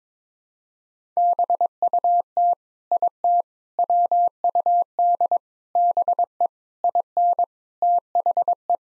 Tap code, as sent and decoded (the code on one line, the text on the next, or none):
none